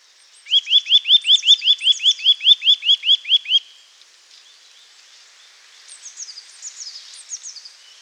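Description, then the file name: Eurasian nuthatch trill: a fast, even series of many rising whistled notes, then quieter high chirps. "Sitta europaea"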